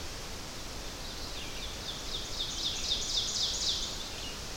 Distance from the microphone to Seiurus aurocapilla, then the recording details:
about 50 m. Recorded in boreal forest in Alberta, Canada, on 12 June 2016 at 06:00. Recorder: SongMeter 3, array SBT-3-18. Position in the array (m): 229 m, 89 m. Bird 31